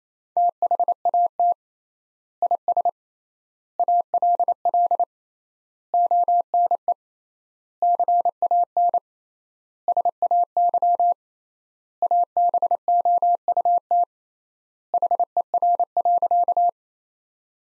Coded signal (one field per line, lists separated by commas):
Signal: Morse code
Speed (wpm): 28 wpm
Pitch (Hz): 700 Hz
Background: none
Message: THAT IS ALL ONE CAN SAY ABOUT HER.